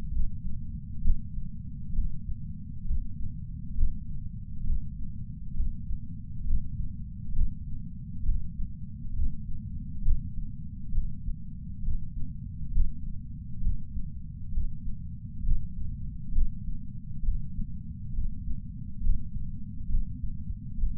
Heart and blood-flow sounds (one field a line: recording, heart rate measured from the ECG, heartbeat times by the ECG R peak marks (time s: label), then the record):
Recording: heart sounds by patch sensor on the chest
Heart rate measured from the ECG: 67 bpm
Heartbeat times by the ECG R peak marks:
0.11 s: heartbeat
1.01 s: heartbeat
1.92 s: heartbeat
2.84 s: heartbeat
3.74 s: heartbeat
4.64 s: heartbeat
5.54 s: heartbeat
6.44 s: heartbeat
7.33 s: heartbeat
8.23 s: heartbeat
9.13 s: heartbeat
10.02 s: heartbeat
10.92 s: heartbeat
11.82 s: heartbeat
12.71 s: heartbeat
13.61 s: heartbeat
14.51 s: heartbeat
15.42 s: heartbeat
16.32 s: heartbeat
17.22 s: heartbeat
18.12 s: heartbeat
19.00 s: heartbeat
19.88 s: heartbeat
20.77 s: heartbeat
From the record:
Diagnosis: coronary artery disease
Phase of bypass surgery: preoperative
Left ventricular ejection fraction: 64.7%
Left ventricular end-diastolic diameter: 48 mm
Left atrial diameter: 35 mm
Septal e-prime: 7.2 cm/s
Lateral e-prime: 9.9 cm/s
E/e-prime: 8.2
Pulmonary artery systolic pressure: 27 mmHg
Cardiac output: 5.5 L/min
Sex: male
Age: 75 years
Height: 167 cm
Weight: 58 kg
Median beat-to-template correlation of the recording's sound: 0.83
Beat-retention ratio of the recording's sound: 0.99